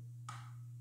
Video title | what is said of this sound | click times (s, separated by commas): How To Quickly Change The Battery In Your RV Wall Switch With The 12V Guru | and then it clips back onto the board and you clip it from the top down first so clip it then you'll hear the little click and | 0.3 s